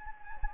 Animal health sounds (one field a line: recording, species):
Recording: mosquito wingbeat signal from an infrared sensor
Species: Anopheles gambiae